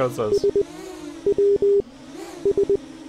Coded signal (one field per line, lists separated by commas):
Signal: Morse code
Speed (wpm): 20 wpm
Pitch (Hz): 400 Hz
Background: speech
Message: S W S